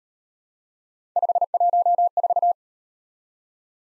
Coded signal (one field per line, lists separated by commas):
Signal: Morse code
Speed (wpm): 38 wpm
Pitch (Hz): 700 Hz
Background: none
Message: 514